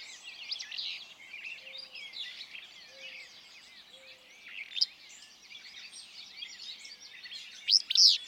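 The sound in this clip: Willow flycatcher song: two buzzy phrases, the second louder, amid a dense, twittering chorus of other birds.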